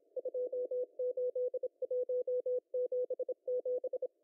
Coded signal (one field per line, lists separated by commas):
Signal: Morse code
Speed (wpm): 28 wpm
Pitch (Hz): 500 Hz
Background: none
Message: 28177